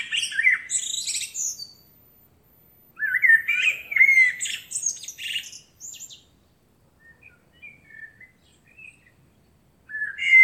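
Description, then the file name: Common blackbird song: two warbling phrases with high squeaky flourishes, a spell of soft scattered notes, then another phrase starts at the end. "Turdus merula"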